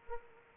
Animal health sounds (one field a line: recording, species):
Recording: mosquito wingbeat signal from an infrared sensor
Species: Anopheles arabiensis